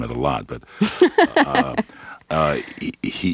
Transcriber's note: soundbite of laughter